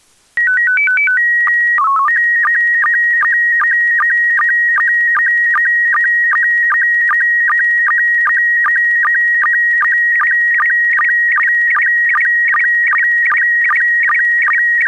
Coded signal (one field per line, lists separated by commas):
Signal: SSTV (slow-scan television)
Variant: PD 50